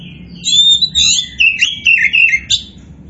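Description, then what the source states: Oriental magpie-robin song: bright whistled notes and buzzy, slurred phrases in quick bursts, with a steady low hum underneath. Indonesian 'kacer poci' variety of the bird; 'gacor' describes its vigorous, nonstop singing.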